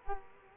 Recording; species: mosquito wingbeat signal from an infrared sensor; Culex quinquefasciatus